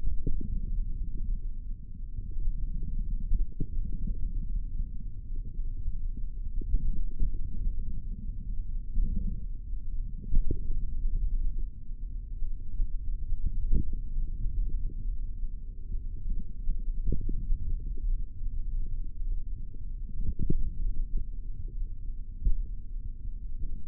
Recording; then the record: forearm muscle sounds (acoustic myography)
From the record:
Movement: hand opening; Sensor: system 3, bracelet of six PUI Audio POM-2738L microphones around the upper forearm, with dedicated amplification and filtering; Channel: 3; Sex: male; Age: 23 years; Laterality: right